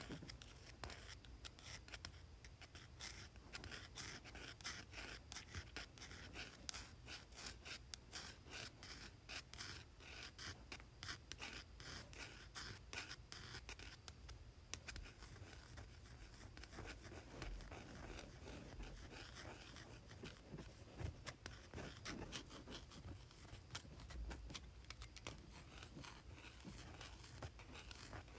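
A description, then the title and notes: A pencil scratches steadily across cardboard for the whole stretch, a dense run of quick rasping strokes with no real pauses. The scraping is bright and papery, its strokes coming fast and slightly uneven, over a constant low rumble underneath. ASMR Pencil on Cardboard.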